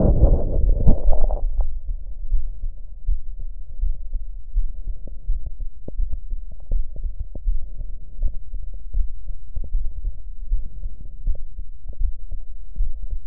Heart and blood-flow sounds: heart sounds by stethoscope; pulmonary valve (PV); normal heart sounds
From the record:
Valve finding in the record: normal valve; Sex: female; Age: 43 years

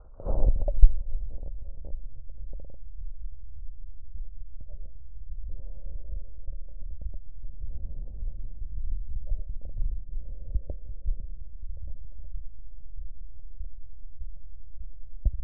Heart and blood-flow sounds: heart sounds by stethoscope; aortic valve (AV); normal heart sounds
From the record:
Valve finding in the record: aortic regurgitation, grade 0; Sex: male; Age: 42 years

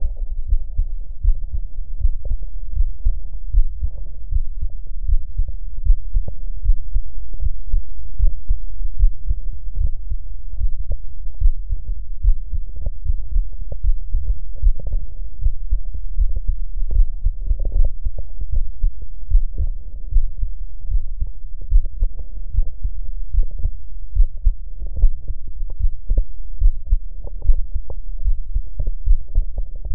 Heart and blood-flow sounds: heart sounds by stethoscope; pulmonary valve (PV); normal heart sounds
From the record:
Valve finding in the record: normal valve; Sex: female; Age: 27 years

